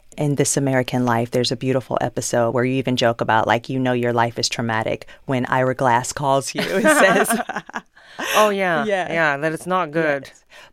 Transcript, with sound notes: in "This American Life." There's a beautiful episode where you even joke about, like, you know your life is traumatic when Ira Glass calls you...
(LAUGHTER)
...And says (laughter)...
(Laughter) Oh, yeah.
Yeah.
...That it's not good.